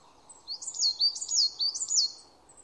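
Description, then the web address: Bird calls, a string of high, looping chirps, each sweeping up then down, in quick succession. "cianscape birddata Deverinetal 2025"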